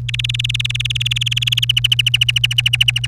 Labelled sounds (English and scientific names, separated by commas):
Domestic Canary (Serinus canaria) song